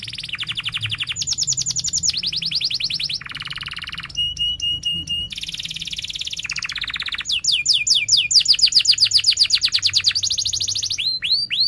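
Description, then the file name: Canary producing a string of rapid trill tours at changing pitches, clicking staccato notes, and finally loud fast sweeping whistles. Canary singing persistently (gacor) with 'cuit cuit' chirps and sharp rolling trills ('ngerol tajam'). "Suara Kenari Gacor Cuit Cuit Ngerol Tajam"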